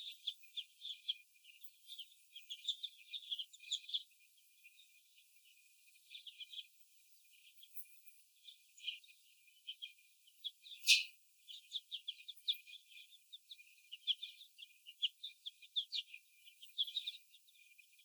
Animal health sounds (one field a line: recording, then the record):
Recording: young laying hens in a cage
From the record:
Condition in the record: after the stressor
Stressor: sudden umbrella opening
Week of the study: 2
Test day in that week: 1